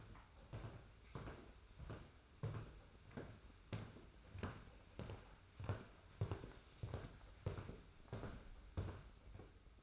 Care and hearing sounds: daily activity, microphone in the room; walk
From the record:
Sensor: 2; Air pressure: 991.5 hPa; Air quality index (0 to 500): 186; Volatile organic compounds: 1000 ppm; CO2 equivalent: 6081 ppm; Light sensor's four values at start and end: 30/93/36/34 and 29/91/35/33

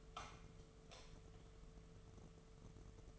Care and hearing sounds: daily activity, microphone in the room; light off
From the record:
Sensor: 4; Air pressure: 1015.5 hPa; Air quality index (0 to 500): 174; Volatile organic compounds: 7 ppm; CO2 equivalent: 2015 ppm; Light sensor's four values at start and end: 27/65/27/29 and 26/61/26/28

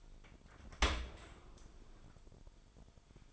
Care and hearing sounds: daily activity, microphone in the room; open dishwasher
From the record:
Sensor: 5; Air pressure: 1003.2 hPa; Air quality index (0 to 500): 128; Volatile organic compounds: 1 ppm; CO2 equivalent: 935 ppm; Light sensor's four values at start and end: 84/203/86/98 and 82/197/84/95

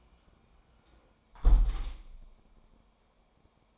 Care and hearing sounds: daily activity, microphone in the room; close window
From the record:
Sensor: 1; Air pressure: 1000.4 hPa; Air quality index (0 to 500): 182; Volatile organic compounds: 4 ppm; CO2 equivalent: 1670 ppm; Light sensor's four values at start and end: 11/26/10/12 and 10/25/10/12

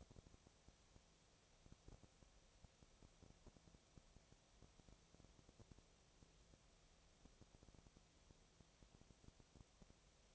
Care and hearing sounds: daily activity, microphone in the room; no activity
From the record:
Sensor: 1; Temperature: 19.6 degrees Celsius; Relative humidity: 36.5%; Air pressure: 996.9 hPa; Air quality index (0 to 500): 204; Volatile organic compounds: 129 ppm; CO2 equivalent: 3921 ppm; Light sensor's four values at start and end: 1/2/1/1 and 1/2/1/1

